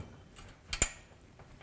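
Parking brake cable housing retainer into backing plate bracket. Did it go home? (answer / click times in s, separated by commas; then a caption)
yes / 0.7 s, 0.8 s. The rear parking brake cable housing end on a 1994-2004 Chevy S-10 (rear driver side cable) is lined up with its bracket at the backing plate and pushed in. Two sharp metallic clicks are heard at 0.7 and 0.8 seconds as the metal retainer ears snap in, seating the housing retainer in the bracket, followed by a couple of faint softer sounds.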